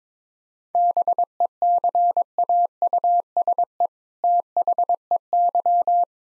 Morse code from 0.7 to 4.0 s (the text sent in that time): BECAUSE